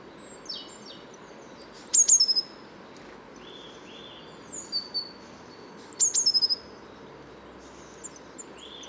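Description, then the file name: Great tit calling in high, sharp bursts of rapid chattering notes, repeated every few seconds, with other faint high bird notes and steady background noise. "Parus major"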